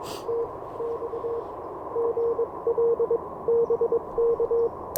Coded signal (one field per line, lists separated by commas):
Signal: Morse code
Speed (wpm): 22 wpm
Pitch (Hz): 470 Hz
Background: none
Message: TX GL BK